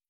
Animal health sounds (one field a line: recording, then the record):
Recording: hydrophone in a shrimp aquaculture tank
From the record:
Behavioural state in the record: starved